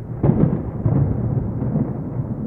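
A sudden burst of thunder breaks out and rolls into a deep, steady rumble that stays loud to the end, with no voices.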